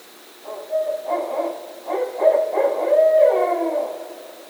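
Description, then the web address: Barred owl calling a rapid series of low hoots that builds in intensity, ending with a drawn-out note that drops in pitch and fades. Recorded on 19 November 2010. "Barred Owl 2010 11 19 Barred Owl"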